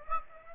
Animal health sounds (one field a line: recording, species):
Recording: mosquito wingbeat signal from an infrared sensor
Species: Aedes aegypti